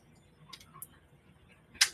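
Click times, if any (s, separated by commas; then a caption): 1.8 s. The head of a transforming robot figure is worked out of its stowed, locked position in the plastic torso, which on this version has to be popped out separately. A few faint ticks at about 0.5 s and 0.8 s lead to a loud, sharp click at 1.8 s as the head pops free.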